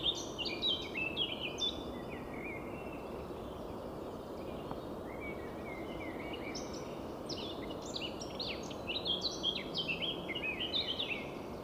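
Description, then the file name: Eurasian blackcap song: rich, rapid warbling phrases of varied high notes, one burst at the start and a longer run from about six seconds, over steady background hiss. "Sylvia atricapilla"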